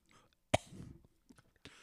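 An adult gives a sharp, forceful cough burst followed by a softer, breathy second cough.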